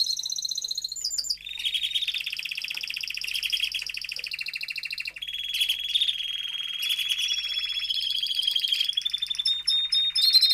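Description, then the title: Domestic canary singing a chain of steady rolled trills, each held level for one to two seconds before jumping to a new pitch or texture. Male canary singing a lot; recording for training, to warm up young and Belgian canaries in 30 minutes. "Canary Training Esquente Seu Filhote E Canario Belga Em 30 Minutos Macho Cantando Muito"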